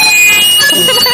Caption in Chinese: 这个真的是我们专业当中会经常出现的一种啸叫声啊。 那这也可能在我们的主动性耳鸣当中出现。